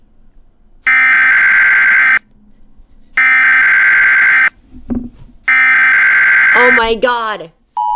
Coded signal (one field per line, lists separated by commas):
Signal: Emergency Alert System (SAME) tones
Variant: header bursts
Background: speech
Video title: EAS Scenario Reactions By Suoerstar Studios Animations